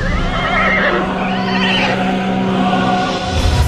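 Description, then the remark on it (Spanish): A horse neighs loudly in one long, quavering whinny lasting about three seconds, its pitch wavering throughout, with no voices present. “Sentar la anca del caballo.”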